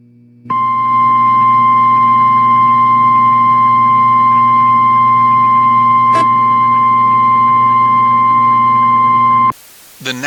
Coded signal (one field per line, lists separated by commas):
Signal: Emergency Alert System (SAME) tones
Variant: 1050 Hz attention tone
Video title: Special Marine Warning EAS In Lake Ontario